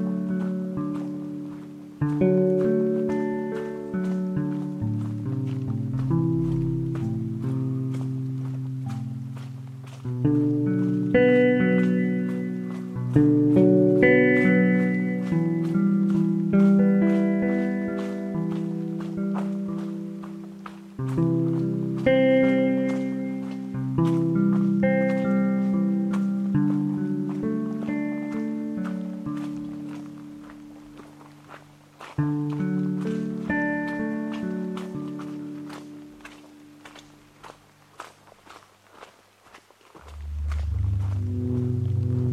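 Steady footsteps on the Patricia Lake Loop Trail tap along at a regular pace throughout. Underneath runs a layered hum of low, sustained tones that shift pitch every few seconds, thinning and nearly fading around forty seconds before a deep tone swells back.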